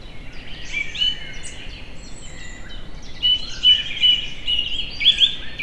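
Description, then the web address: Great tit song, clear tonal notes repeated in a series, louder in the second half, over steady background noise. Recorded in the wild at Egerturistaház on 24 March. "allathangok termeszetben szencinege egerturistahaz 03 24"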